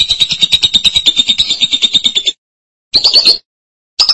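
Lovebird chatter: a run of quick high buzzy notes for about two seconds, then two short squeaky bursts separated by silence.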